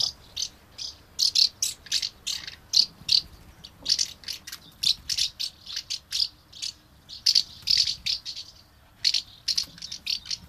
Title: Räystäspääsky